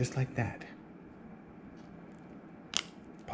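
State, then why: Released. A cruise medallion disc is popped out of its plastic lanyard clip holder, releasing with a single sharp snap at 2.8 seconds. Someone talks briefly at the start, followed by quiet room tone before the snap.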